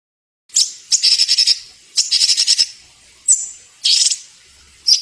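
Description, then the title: Bird delivers scratchy, rapidly pulsed high phrases at intervals, with a clear whistled note and quieter pauses between bursts. Masteran recording, used for training songbirds. "Suara masteran Burung"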